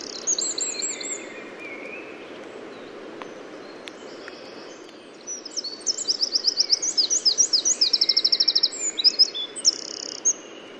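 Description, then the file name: Eurasian wren song: a few high notes, a quieter pause, then piercing high notes speeding into a fast trill and closing with a couple of bright accented notes. "Troglodytes troglodytes"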